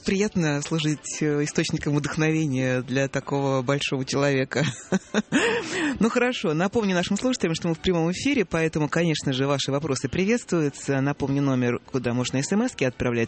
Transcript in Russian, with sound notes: Так приятно служить источником вдохновения для такого большого человека! (смеется) Ну хорошо, напомню нашим слушателям, что мы в прямом эфире, поэтому, конечно же, Ваши вопросы приветствуются, поэтому напомню номер, куда можно смс-ки отправлять.